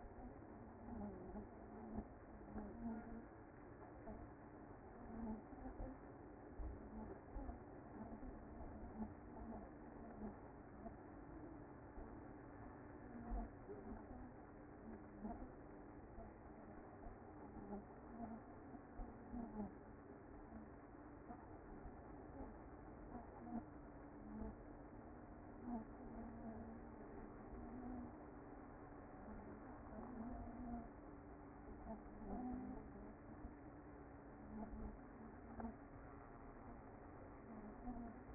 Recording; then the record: honeybee colony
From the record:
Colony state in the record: active